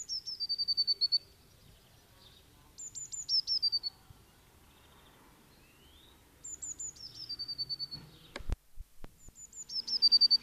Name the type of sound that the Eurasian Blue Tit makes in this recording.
song